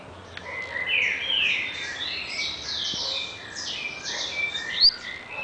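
Double-collared seedeater singing quick, sweeping whistled notes that slide up and down, over a steady hiss of background noise.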